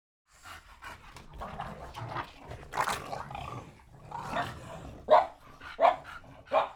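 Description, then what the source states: Dog pants in rough breaths, then finishes with three sharp barks about three-quarters of a second apart. Dog panting and barking.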